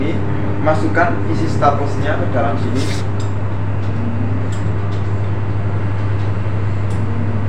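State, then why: Not seated. A strip of metal staples is loaded into the opened magazine of a Meite 1022J pneumatic stapler, powered by a Lakoni Basic 9S compressor, while someone talks over a steady low hum. The staples are placed inside but the magazine has not yet been closed, and nothing has seated or clicked yet.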